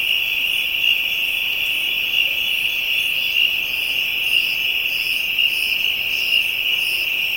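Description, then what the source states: Steady insect chorus: one shrill continuous tone plus repeated higher pulsed buzzing. African insects, ambient soundscape.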